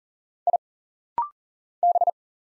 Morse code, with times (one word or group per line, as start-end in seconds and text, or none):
0.5-0.6 I
1.8-2.1 B